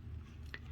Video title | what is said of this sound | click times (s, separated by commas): endomotor 1 | Nah, dia sudah terpasang dan sudah terkunci. | 0.5 s